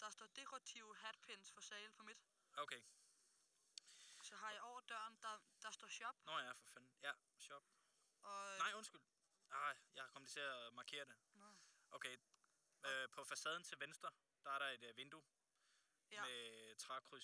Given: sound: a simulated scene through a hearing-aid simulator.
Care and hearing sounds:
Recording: conversation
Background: quiet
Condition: 75 dB SPL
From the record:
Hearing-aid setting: IV (slow-acting compression, loudness normalization)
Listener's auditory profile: A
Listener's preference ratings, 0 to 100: 95, 97, 100

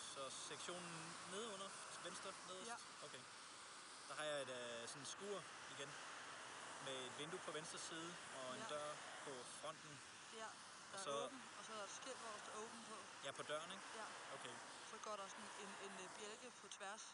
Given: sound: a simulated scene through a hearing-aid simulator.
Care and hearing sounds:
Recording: conversation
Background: traffic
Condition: +4 dB SNR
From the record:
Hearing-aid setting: I (fast-acting compression, audibility-based gain)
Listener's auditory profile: A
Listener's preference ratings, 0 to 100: 33, 19, 10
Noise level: 75 dB SPL

